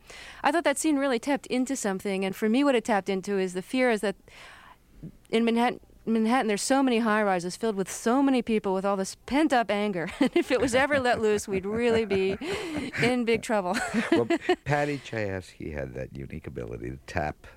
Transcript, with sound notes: I thought that scene really tapped into something. And for me, what it tapped into is the fear - is that in Manhattan, there's so many high-rises filled with so many people with all this pent up anger.
(LAUGHTER)
And if it was ever let loose, we'd really be in big trouble.
Well, Paddy Chayefsky had that unique ability to tap